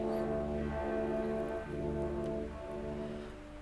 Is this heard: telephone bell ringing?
no